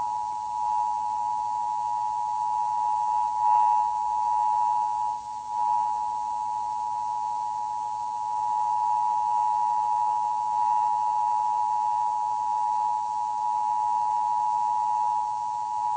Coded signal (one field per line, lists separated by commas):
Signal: Emergency Alert System (SAME) tones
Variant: 853 and 960 Hz attention tone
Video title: KTTV FOX 11 (1988): EBS: Emergency Broadcast System